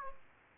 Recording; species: mosquito wingbeat signal from an infrared sensor; Aedes aegypti